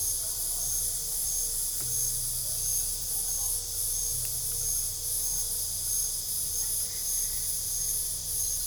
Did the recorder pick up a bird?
no